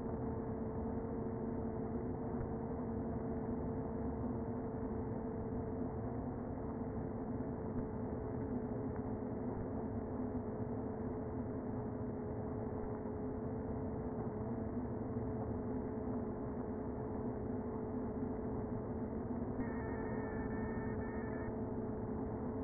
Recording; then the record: honeybee colony, microphone inside the hive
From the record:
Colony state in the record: queen present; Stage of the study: before two queens were removed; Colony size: about 60,000 bees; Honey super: yes